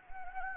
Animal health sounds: mosquito wingbeat signal from an infrared sensor; Anopheles gambiae

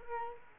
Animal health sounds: mosquito wingbeat signal from an infrared sensor; Culex quinquefasciatus

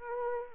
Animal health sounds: mosquito wingbeat signal from an infrared sensor; Anopheles arabiensis

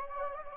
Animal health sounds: mosquito wingbeat signal from an infrared sensor; Anopheles gambiae

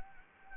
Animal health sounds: mosquito wingbeat signal from an infrared sensor; Anopheles gambiae

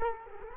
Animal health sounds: mosquito wingbeat signal from an infrared sensor; Culex quinquefasciatus

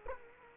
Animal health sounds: mosquito wingbeat signal from an infrared sensor; Culex quinquefasciatus

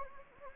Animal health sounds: mosquito wingbeat signal from an infrared sensor; Anopheles gambiae

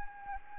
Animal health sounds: mosquito wingbeat signal from an infrared sensor; Anopheles gambiae

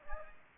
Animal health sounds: mosquito wingbeat signal from an infrared sensor; Aedes aegypti

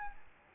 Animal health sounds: mosquito wingbeat signal from an infrared sensor; Aedes albopictus

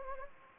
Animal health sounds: mosquito wingbeat signal from an infrared sensor; Anopheles gambiae

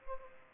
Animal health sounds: mosquito wingbeat signal from an infrared sensor; Culex pipiens

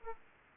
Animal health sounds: mosquito wingbeat signal from an infrared sensor; Aedes aegypti

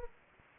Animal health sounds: mosquito wingbeat signal from an infrared sensor; Anopheles gambiae

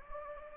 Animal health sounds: mosquito wingbeat signal from an infrared sensor; Anopheles gambiae

